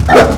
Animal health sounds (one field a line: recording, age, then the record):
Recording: pig call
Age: growing-finishing pig (85 days or more)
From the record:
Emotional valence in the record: positive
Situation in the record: run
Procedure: transit